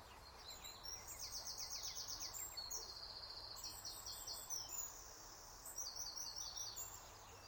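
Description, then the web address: Bird song: a few high, rapid trills with scattered chirps, over a steady background hiss. "bugrecs birdsong"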